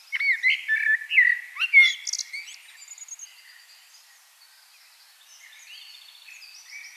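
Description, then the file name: Common blackbird giving rich whistled notes and a squeaky flourish in the first two seconds, then quieter; high bird calls continue afterward. "Turdus merula"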